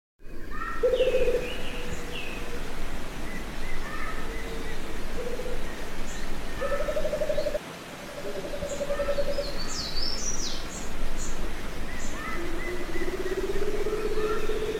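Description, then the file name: Rufous-capped motmot giving low, drawn-out hoots, some lengthened, amid a busy chorus of other birds whistling and chirping at higher pitch. "Canto da juruva"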